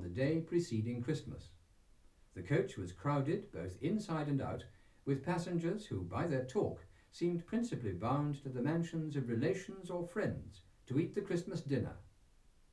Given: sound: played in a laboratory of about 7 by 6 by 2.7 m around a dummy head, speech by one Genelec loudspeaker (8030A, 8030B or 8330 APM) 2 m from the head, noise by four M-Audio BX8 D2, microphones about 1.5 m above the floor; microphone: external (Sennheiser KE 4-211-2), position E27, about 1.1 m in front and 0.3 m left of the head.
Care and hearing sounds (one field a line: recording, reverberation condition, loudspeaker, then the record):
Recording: male speech in English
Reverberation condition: low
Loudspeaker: 150 degrees to the right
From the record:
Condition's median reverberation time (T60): about 310 ms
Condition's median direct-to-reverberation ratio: about 3.5 dB